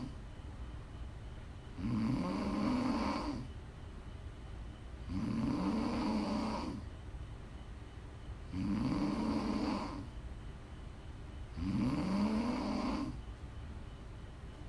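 Prime ASMR snoring from an adult woman asleep: four long, low rumbling snores in 15 seconds, about one every three to four seconds, with quiet breathing between them.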